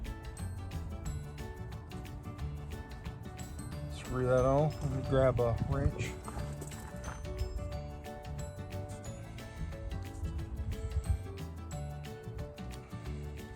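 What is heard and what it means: A plastic nozzle cap with its tip is being handled, screwed and twisted onto the nozzle body of a Flowzone Cyclone 2.5 sprayer, with soft handling taps over music while someone talks. The cap has not yet locked, and nothing has seated or clicked by the end of the clip.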